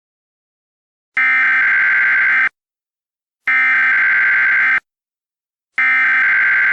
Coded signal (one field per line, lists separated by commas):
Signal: Emergency Alert System (SAME) tones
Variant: header bursts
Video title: EAS Scenario: Absolutely Radioactive Part 7